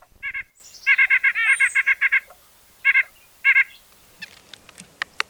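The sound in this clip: White-breasted Nuthatch giving nasal, honking notes, first singly, then a fast run of several, then short pairs, with faint sharp ticks afterward.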